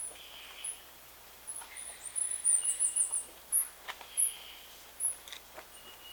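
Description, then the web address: Bird giving very high, thin chirps, with a quick run of twittering notes in the middle and scattered single chirps before and after. "BIRD 2015 SABIOD"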